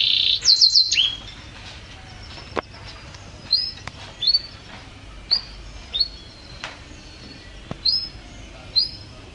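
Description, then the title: Canary song opening with a brief bright trill, followed by scattered short high chirps and slurred notes at irregular intervals. "Kenari"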